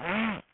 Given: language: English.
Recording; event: throat vibration sensor signal played as sound; throat clearing